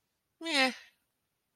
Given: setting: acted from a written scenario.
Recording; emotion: vocal sound without words; neutral